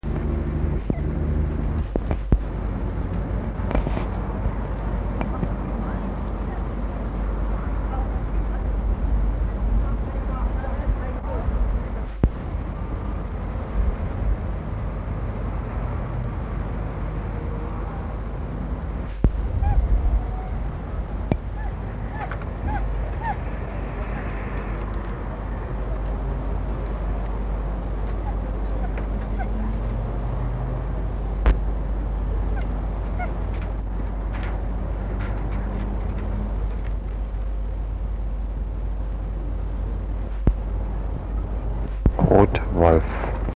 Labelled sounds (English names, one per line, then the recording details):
Dhole whimpering
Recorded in captivity
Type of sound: whimpering
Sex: male
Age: adult
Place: Tierpark Berlin, Berlin, DE
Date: 1963-11-09 17:00
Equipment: Minifon, Kopie BG 26/1
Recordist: Tembrock, Günter
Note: Männchen, einzeln: winselnde Lautfolgen. Abstand: 2 m